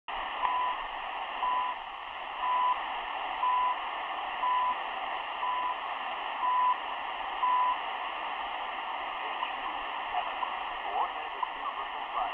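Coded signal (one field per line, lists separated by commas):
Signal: radio time signal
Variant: CHU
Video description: Radio Estación de Señal Horaria.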